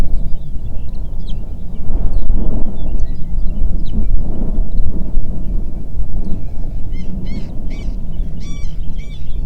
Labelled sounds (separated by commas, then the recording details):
songbird, waterfowl, wind
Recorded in the Prudhoe Bay oil fields, Alaska, on 8 June 2019 at 05:02
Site 30